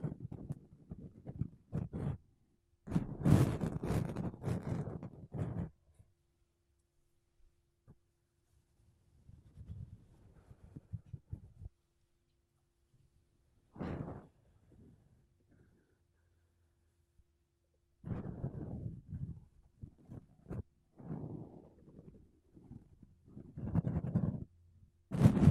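Makeup brushes and a sponge brush across a microphone in bursts of soft, scratchy rubbing, strongest around 3 to 6 seconds and again from 18 to 25 seconds. Quieter, duller strokes fill the middle, separated by near-silent gaps. A sharp crackle ends the clip.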